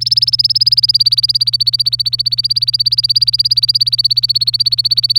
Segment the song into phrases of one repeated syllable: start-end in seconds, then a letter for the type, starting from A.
0.01-5.18 A